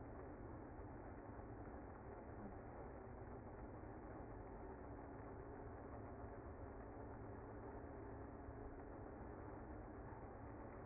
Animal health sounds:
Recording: honeybee colony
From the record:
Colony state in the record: active

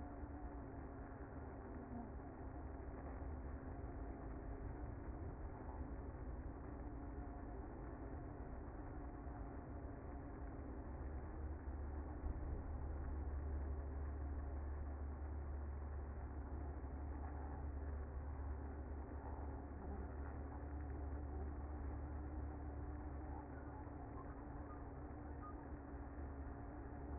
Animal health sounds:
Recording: honeybee colony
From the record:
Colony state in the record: active

